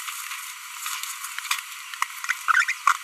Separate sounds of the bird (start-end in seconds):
2.29-2.32, 2.48-2.64, 2.68-2.72